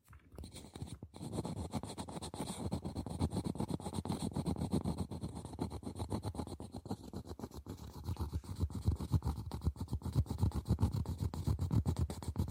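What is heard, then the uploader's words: Scratching on boxes and hollow objects, a dense, continuous run of rapid scraping strokes with a low, hollow body beneath a rough hiss. After a brief gap near the one-second mark, the strokes keep up a fast, uneven rhythm, swelling slightly louder toward the end. TimASMR-Mini-Scratching on Boxes and Hollow Objects (NO TALKING).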